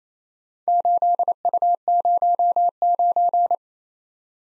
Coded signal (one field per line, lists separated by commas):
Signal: Morse code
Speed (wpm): 29 wpm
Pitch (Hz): 700 Hz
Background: none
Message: 8U09